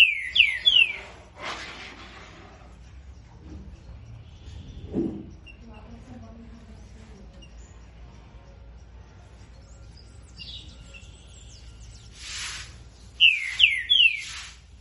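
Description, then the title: Green-winged saltator song: a short phrase of three loud, downward-slurred whistles at the start, repeated once near the end, with scattered faint hissing bursts between. Bird singing after its moult. "Canto De Trinca Ferro. Trinca ferro Rex, cantando pós muda"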